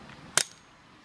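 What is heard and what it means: A plastic push pin on a stock CPU cooler is pressed into a mounting hole on an ASUS H110M-A motherboard with an i5-6500, with the pins worked in diagonal order. A single sharp click at 0.4 s shows the pin seating, followed by a low, quiet background.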